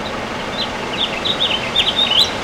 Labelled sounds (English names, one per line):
House Finch song